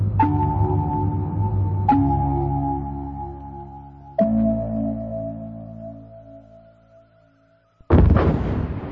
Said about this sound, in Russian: Очнулся он на выступе скалы, услышав отдаленный пушечный залп.